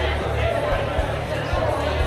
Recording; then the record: background sound without coughing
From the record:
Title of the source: CITY SOUNDS Busy Bar in the Evening Night - 2 HOURS of Ambiance for Relaxation